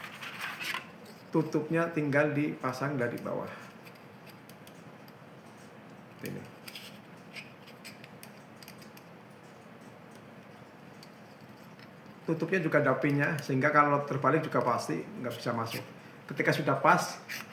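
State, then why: Not seated. A lid is fitted from below onto an NVMe SSD enclosure body and lined up with its keying pins before being pushed home. Someone talks at the start and end, with quiet handling sounds and small ticks around 6.3–6.8 s and 8.0–8.7 s in between. Nothing has seated or clicked yet.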